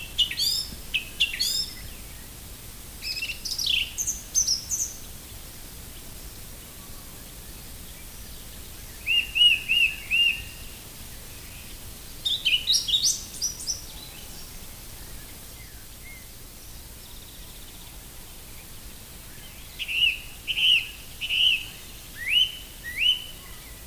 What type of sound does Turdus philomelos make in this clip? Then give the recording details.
song. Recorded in the wild. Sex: male. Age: adult. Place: Lübars (Fließtal), Berlin, DE. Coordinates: 52.6167, 13.35. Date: 2000-06-04 13:16. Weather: fair, 27°C. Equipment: Nagra SN, Kopie Uher 4000 Report Monitor. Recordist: Tembrock, Günter. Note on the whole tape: Gesang